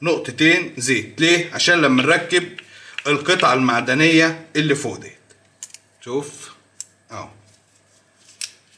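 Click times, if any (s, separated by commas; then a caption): 8.4 s. While reassembling an Ontario folding knife, someone oils the pivot and brass nut and fits the upper metal piece back on, talking through the first half. Several faint ticks follow, and a short metallic hit at 8.4 s marks the metal part seating in place.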